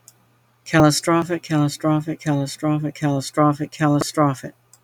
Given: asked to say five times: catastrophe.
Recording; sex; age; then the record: repeated word; female; 40 to 49 years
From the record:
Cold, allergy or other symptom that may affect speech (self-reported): no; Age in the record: 46 years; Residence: Mississippi, United States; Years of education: 15